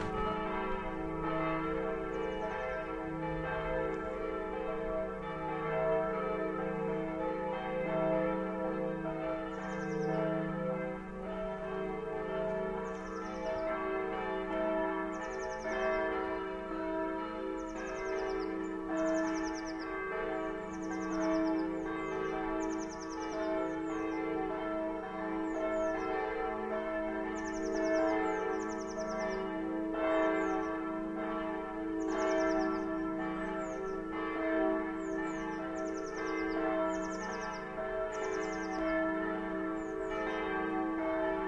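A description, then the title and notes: Church bells ring continuously in a dense, overlapping peal, strikes tumbling in quick irregular succession with some bright, clangy accents. The tone stays rich and layered throughout, with a deep humming resonance underneath, at a steady level. 3D audio soundscape of the famous Church Bells.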